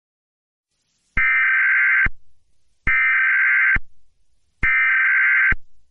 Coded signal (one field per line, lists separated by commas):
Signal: Emergency Alert System (SAME) tones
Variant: header bursts